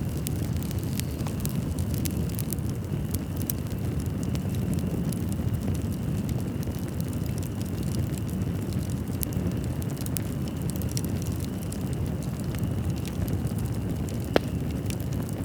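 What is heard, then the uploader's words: A fire roars in a steady low rumble with scattered crackles and pops, and one sharper snap stands out near fourteen seconds. One Hour Of Fire Sounds.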